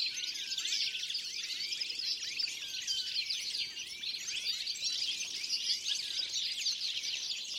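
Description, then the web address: Many birds chirp together, a thick wash of sharp downward-sweeping tweets, with a faint low hum briefly underneath. "Deverinetal"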